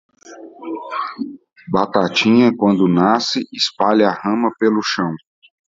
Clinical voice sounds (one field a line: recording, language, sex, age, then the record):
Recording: short text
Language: Brazilian Portuguese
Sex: male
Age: 30 to 39 years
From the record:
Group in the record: control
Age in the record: 38 years